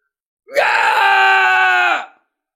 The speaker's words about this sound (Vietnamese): Đại tu sĩ gào thét tức giận kêu to, cố hết sức mà thoát khỏi, thế nhưng vô dụng, khắp thân thể của hắn đều bắt đầu như vậy.